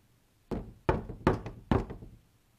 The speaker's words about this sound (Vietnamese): Lúi húi bước đến một căn phòng, nhẹ nhàng gõ cửa.